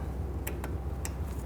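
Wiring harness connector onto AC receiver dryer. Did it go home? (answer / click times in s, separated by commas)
yes / 0.5 s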